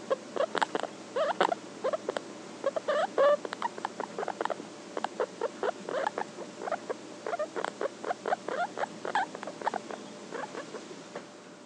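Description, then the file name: Guinea pig mumbling: soft clipped grunts in rapid irregular clusters, pausing briefly now and then. "Cavia porcellus mumbling"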